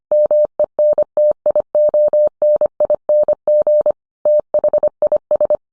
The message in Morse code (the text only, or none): MENTIONING THIS